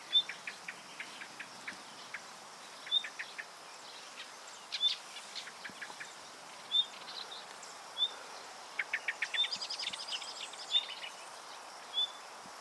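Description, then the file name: Common nightingale calling with brief thin whistles every second or two, mixed with bursts of dry clicking notes and a busier chattering patch midway. "Luscinia megarhynchos"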